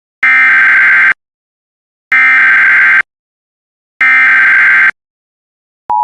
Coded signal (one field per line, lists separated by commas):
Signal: Emergency Alert System (SAME) tones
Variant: header bursts